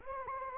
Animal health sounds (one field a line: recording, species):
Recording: mosquito wingbeat signal from an infrared sensor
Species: Anopheles arabiensis